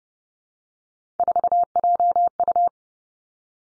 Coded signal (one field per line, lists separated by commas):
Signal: Morse code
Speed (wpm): 31 wpm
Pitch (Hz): 700 Hz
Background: none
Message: 4JU